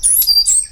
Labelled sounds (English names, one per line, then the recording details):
Stitchbird song
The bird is a male
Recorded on Tiritiri Matangi Island, New Zealand, in 2005
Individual 8, of nest box 10